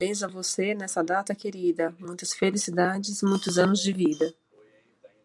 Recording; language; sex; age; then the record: short text; Brazilian Portuguese; female; 30 to 39 years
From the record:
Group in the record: control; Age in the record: 35 years